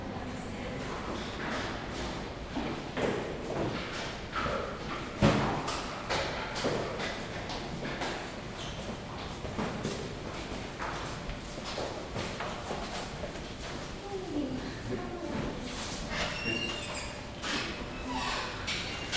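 Inside a building stairwell, frequent sharp footstep-like clacks and thuds echo over murmured voices, with one heavier knock around five seconds.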